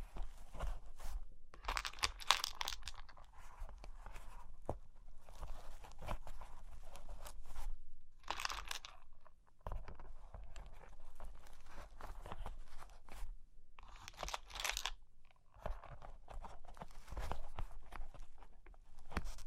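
Cork and wood being scratched and traced, with rough scraping strokes that swell and fade in bursts every second or two. The brightest, densest strokes come around 2, 8.5 and 14–15 seconds, separated by short near-silent gaps and a low steady rumble underneath.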